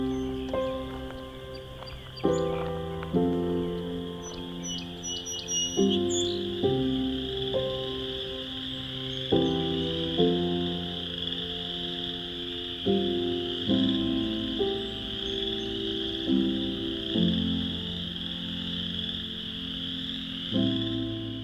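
Thousands of chorus frogs form a dense, unbroken high trilling wall, while lower notes start abruptly every second or two.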